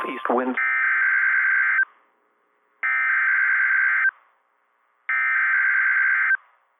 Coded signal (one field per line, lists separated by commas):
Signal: Emergency Alert System (SAME) tones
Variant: header bursts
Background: speech